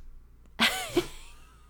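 After a quiet stretch, Jethro the dog lets out a sudden, sharp, hissy sneeze with a squeaky, whistling edge. A brief nasal snort follows, and then the sound fades into faint room noise. It is a single ordinary sneeze.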